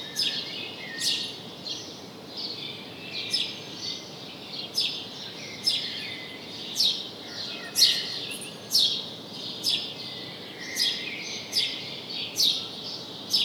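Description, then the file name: House sparrow chirps, sharp notes repeated roughly once a second, irregularly spaced. "Passer domesticus"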